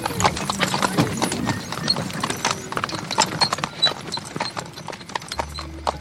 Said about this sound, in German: Ich verstaute das Glas auf dem Rücksitz meines Pferdewagens. Dann fuhr ich los. Hinaus aus Cape City. Hinein in die offene, dunkle Nacht von Louisiana.